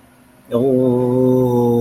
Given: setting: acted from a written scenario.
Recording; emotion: vocal sound without words; guilt